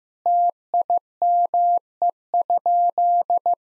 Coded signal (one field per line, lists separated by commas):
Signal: Morse code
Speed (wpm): 15 wpm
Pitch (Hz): 700 Hz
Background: none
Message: TIME?